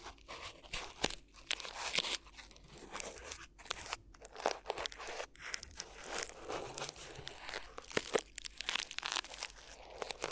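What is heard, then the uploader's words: Crinkly ear massage sounds, a dense, continuous rustling and crinkling with quick bright crackles throughout. The texture shifts in loudness from moment to moment, with sharper snaps near the 1, 4.5 and 8 second marks and brief quieter gaps between bursts. ASMR Addictive Crinkly Ear Massage (No Talking).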